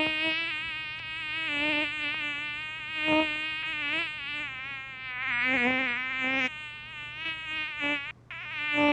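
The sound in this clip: Mosquito whine, a thin continuous buzz that rises and dips in pitch repeatedly, with a brief dropout near the end.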